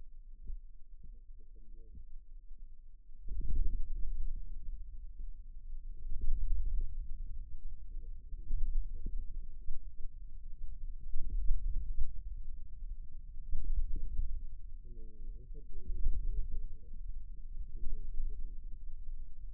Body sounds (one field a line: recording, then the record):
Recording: forearm muscle sounds (acoustic myography)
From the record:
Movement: wrist flexion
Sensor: system 2, bracelet of six BSWA MPA416 microphones around the upper forearm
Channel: 1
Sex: male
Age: 22 years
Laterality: right